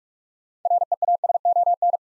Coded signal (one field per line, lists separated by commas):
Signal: Morse code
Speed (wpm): 44 wpm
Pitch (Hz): 700 Hz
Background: none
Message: REASON